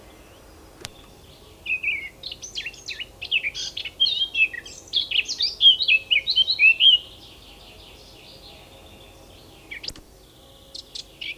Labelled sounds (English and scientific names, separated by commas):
Eurasian Blackcap (Sylvia atricapilla) song